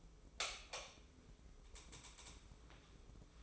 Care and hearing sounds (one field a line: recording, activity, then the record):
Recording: daily activity, microphone in the room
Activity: light on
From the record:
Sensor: 1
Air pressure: 995.4 hPa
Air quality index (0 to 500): 25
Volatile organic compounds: 0 ppm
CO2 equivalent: 500 ppm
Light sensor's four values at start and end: 11/26/10/11 and 14/42/16/17